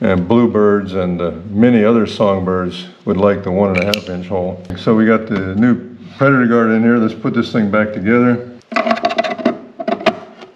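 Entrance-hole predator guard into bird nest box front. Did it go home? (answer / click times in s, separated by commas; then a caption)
no / none. Someone talks while handling an entrance-hole predator guard for the front of a bamboo bird nest box, with music underneath and a few short knocks and taps near the end, around 8.8 to 9.2 s and at 10.1 s. The guard is being put back in, but nothing has seated or clicked yet.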